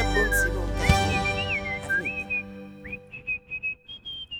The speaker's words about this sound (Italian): Oh, ha finito da fischiare? Ha finito?